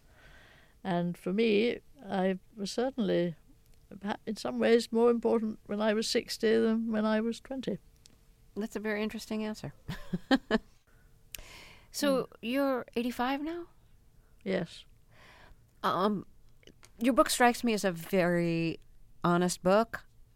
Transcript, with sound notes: And for me, I was certainly - in some ways, more important when I was 60 than when I was 20.
That's a very interesting answer (laughter). So you're 85 now?
Yes.
Your book strikes me as a very honest book.